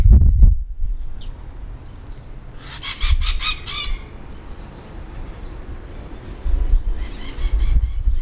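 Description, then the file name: Bird giving a burst of harsh, rapidly pulsed harmonic calls in the middle, with a shorter burst near the end, over steady low rumbling noise. "SABIOD 50 bird 2015"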